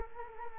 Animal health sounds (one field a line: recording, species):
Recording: mosquito wingbeat signal from an infrared sensor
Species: Culex quinquefasciatus